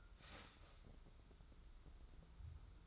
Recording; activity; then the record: daily activity, microphone in the room; start toaster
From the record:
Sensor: 3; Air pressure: 994.5 hPa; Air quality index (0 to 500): 202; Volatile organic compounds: 1000 ppm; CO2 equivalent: 6717 ppm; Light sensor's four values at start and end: 139/331/136/129 and 169/405/169/165